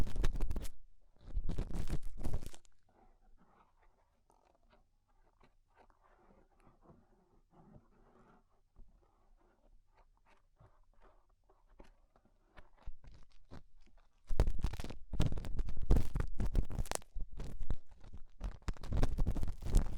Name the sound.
Tingly Ear Cleaning Rhinestone & Clay Removal